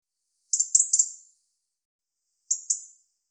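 European robin with a quick cluster of thin, very high ticking notes, then a softer pair of similar notes just over a second later.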